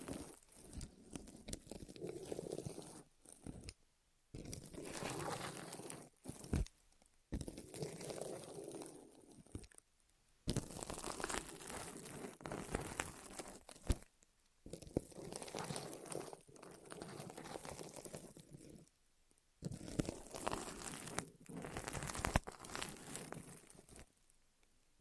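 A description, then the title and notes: An ASMR recording of something rolling over the ears, heard as dense, crinkly rustling and scraping that runs in long passages. Short silent breaks cut in every few seconds, notably around 4, 10, 14 and 19 seconds. The texture stays bright and crackly throughout. ASMR Rolling On Your Ears (No Talking).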